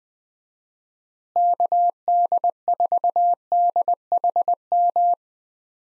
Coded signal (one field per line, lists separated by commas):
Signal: Morse code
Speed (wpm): 21 wpm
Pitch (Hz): 700 Hz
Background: none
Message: KD4DHM